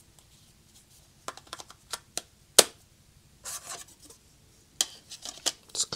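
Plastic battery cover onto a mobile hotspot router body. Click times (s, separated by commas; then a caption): 2.6 s, 4.8 s. The plastic back battery cover of a NETGEAR Nighthawk M6 5G WiFi 6 mobile hotspot router (MR6110) is closed over its 5,040 mAh lithium-ion battery and pressed onto the body, with soft rubbing and light taps of handling throughout. Its plastic clips snap into place with sharp clicks at 2.6 s and 4.8 s, and the cover is seated shut.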